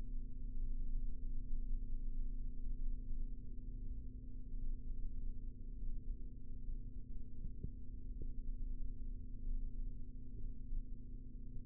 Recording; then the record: forearm muscle sounds (acoustic myography)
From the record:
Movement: rest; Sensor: system 3, bracelet of six PUI Audio POM-2738L microphones around the upper forearm, with dedicated amplification and filtering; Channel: 3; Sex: male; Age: 25 years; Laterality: right